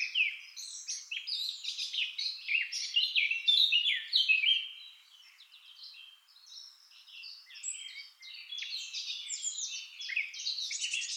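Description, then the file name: Eurasian blackcap producing a continuous rapid warble, loud and rich for several seconds, dipping to soft twittering before building again. "Sylvia atricapilla"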